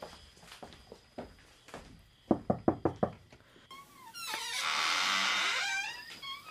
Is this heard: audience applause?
no